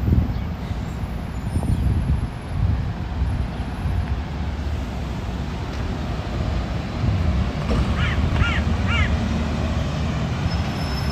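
City street sound from a walk in Ramat Aviv, Tel Aviv: a steady, dense low rumble of traffic runs throughout. Around eight to nine seconds, three quick caws from a crow ring out above the rumble, evenly spaced.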